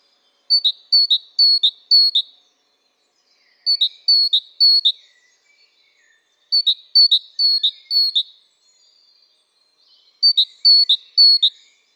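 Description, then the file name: Great tit calls in four short bursts of three or four high two-note chirps, repeated roughly every three seconds with silent gaps. "Parus major"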